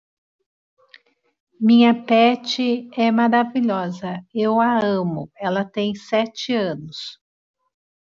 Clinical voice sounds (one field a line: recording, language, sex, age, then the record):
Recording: short text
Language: Brazilian Portuguese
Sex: female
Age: 40 to 49 years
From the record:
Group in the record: control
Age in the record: 49 years